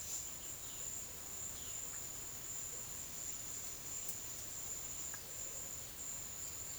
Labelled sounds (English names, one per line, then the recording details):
none
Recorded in dense forest near Puerto Asís, Putumayo, Colombia, on 20 February 2024 at 13:00
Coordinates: 0.505, -76.324
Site G6467